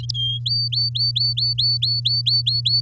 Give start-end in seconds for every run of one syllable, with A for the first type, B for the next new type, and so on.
0.14-0.39 A, 0.46-2.81 B